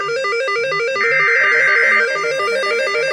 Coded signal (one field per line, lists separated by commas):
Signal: Emergency Alert System (SAME) tones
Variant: header bursts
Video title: 3/5/22 Severe Thunderstorm Warning for the Milwaukee/Sullivan and Racine areas (EAS #14)